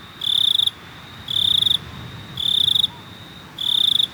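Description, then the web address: Cricket giving four evenly spaced trilled chirps, each around half a second long and high-pitched, over soft low hum. "best service Blue Box animals crickets"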